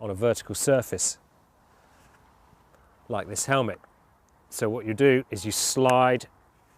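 Someone talks while handling a plastic vertical buckle for a GoPro 4 Silver Edition action camera, about to slide it into a mount on a helmet. Three bursts of speech are separated by quiet gaps with a faint low background hum. The buckle has not clicked or seated in the mount yet.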